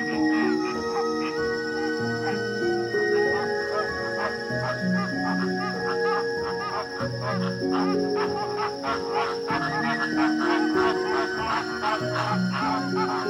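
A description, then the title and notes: Flamingos call as a dense flock, their nasal honks overlapping and shifting pitch in short held notes with no gaps. Loudness stays steady throughout, and a thin, constant high buzz like insects runs underneath the whole time. Flamingos in the Wetlands.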